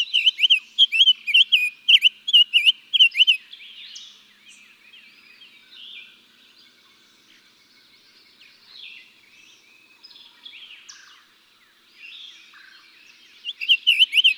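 Summer tanager song: over three seconds of quick, buzzy, up-and-down whistled phrases, then quieter background twitters, and a final short burst of song.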